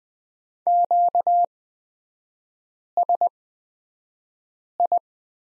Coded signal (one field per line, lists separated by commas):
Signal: Morse code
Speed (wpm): 20 wpm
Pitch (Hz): 700 Hz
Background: none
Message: QSI